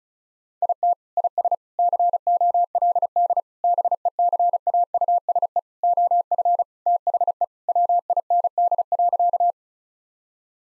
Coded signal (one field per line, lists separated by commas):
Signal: Morse code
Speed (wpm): 36 wpm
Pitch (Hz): 700 Hz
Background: none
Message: IT IS COLD BECAUSE OF THE WIND.